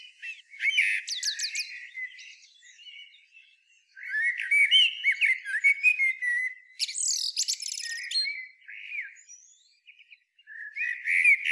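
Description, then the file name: Common blackbird singing rich, warbled phrases that end in thin, high twittering flourishes, with short pauses between bursts of song. "Turdus merula"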